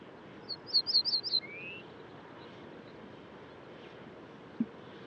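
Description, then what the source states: Ortolan Bunting song: a quick run of several high, slurred, repeated notes, then one lower rising drawn-out note, over a steady low background hiss. Recorded at dawn on 23 June 2018 near the Col du Granon, Hautes-Alpes above Briançon, France, this time without the noise of a torrent.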